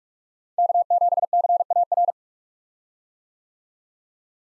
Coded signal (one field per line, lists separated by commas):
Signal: Morse code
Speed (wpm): 43 wpm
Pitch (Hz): 700 Hz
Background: none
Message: K7CAR